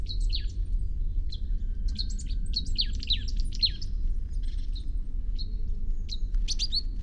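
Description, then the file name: Marsh tit sharp calls, clear high notes sweeping steeply downward, given in short bursts with brief pauses, against a low continuous hum. "Poecile palustris"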